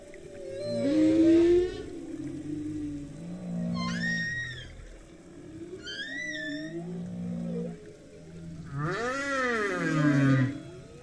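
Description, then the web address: Humpback whale song: low groaning moans, then high whistled notes twice, ending in a loud arching wail with rich overtones. Binaural ocean sound, heard first above the water surface and then below it. "3 D-Binaural Audio - the future of audio Ocean - Humpback whale"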